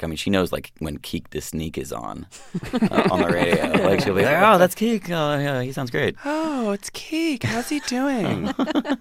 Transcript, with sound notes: Like I mean, she knows when Keak da Sneak is on, on the radio.
(LAUGHTER)
Like she'll be, like, oh, that's Keak, he sounds great.
Oh, it's Keak. How's he doing?